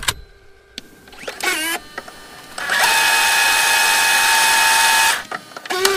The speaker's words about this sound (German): Kassette rein, spulen, Start drücken und...